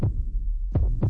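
Deep, low thumps of a calm, slow heartbeat, a simulated sound effect.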